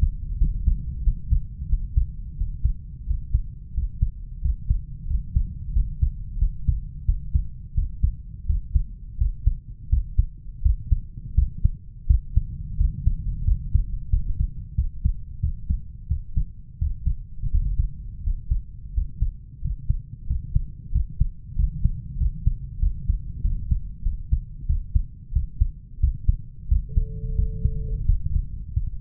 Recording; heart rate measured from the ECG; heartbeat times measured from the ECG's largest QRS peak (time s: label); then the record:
heart sounds by stethoscope; 89 bpm
0.40 s: heartbeat
1.05 s: heartbeat
1.70 s: heartbeat
2.39 s: heartbeat
3.08 s: heartbeat
3.76 s: heartbeat
4.43 s: heartbeat
5.09 s: heartbeat
5.75 s: heartbeat
6.40 s: heartbeat
7.07 s: heartbeat
7.76 s: heartbeat
8.48 s: heartbeat
9.20 s: heartbeat
9.91 s: heartbeat
10.64 s: heartbeat
11.37 s: heartbeat
12.09 s: heartbeat
12.79 s: heartbeat
13.47 s: heartbeat
14.12 s: heartbeat
14.77 s: heartbeat
15.42 s: heartbeat
16.09 s: heartbeat
16.80 s: heartbeat
17.52 s: heartbeat
18.25 s: heartbeat
18.95 s: heartbeat
19.63 s: heartbeat
20.29 s: heartbeat
20.94 s: heartbeat
21.58 s: heartbeat
22.20 s: heartbeat
22.81 s: heartbeat
23.43 s: heartbeat
24.05 s: heartbeat
24.68 s: heartbeat
25.34 s: heartbeat
26.02 s: heartbeat
26.70 s: heartbeat
27.37 s: heartbeat
28.08 s: heartbeat
28.75 s: heartbeat
From the record:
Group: healthy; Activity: rest 0-25 s, Valsalva maneuver 25-29 s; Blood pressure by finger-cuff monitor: 151/87 mmHg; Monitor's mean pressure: 107 mmHg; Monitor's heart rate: 90 bpm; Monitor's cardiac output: 7.1 L/min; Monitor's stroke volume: 81 mL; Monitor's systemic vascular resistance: 1070 dyn s/cm5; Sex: male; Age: 21 years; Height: 175 cm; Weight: 72.6 kg